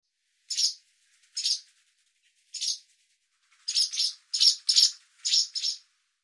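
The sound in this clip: Barn swallow calls, a series of short harsh buzzy chirps, first spaced singly, then in quicker pairs and clusters toward the end, against a silent background.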